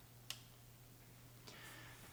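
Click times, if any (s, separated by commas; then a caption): 0.3 s. A battery cover is pushed down onto the base of a rechargeable railroad lantern and turned clockwise, giving a sharp, bright click at 0.3 s as it seats and locks the battery in. A softer scrape follows near 1.5 s over a steady low hum.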